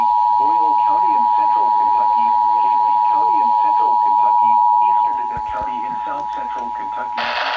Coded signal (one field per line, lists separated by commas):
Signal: Emergency Alert System (SAME) tones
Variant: 853 and 960 Hz attention tone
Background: speech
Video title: Severe Thunderstorm Warning (SVR) EAS 287- 296